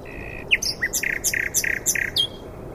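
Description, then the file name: Common nightingale phrase of a few quick, harsh notes repeated about every third of a second after an opening high whistle, with soft hiss behind. "Luscinia megarhynchos"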